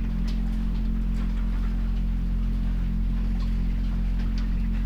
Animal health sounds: poultry house recording; sick chickens (respiratory disease)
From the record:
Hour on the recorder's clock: 21

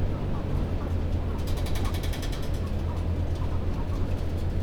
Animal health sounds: poultry house recording; healthy chickens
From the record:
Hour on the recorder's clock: 22

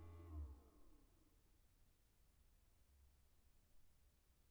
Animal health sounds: poultry house recording; no chicken sound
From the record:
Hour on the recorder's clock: 19

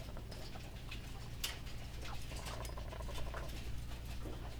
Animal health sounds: poultry house recording; sick chickens (respiratory disease)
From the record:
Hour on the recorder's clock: 15

